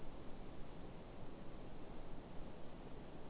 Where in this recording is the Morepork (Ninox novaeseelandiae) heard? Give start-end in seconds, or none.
none